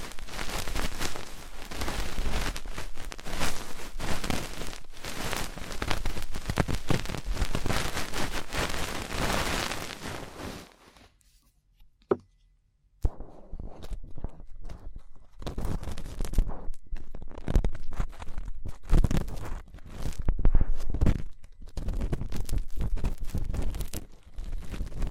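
Fast, intense ear cleaning: a dense, crackling scratching and rubbing runs almost without pause for the first ten seconds. A short near-silence follows, broken by a single click, then the scraping returns in choppier, separated bursts with small gaps until the end.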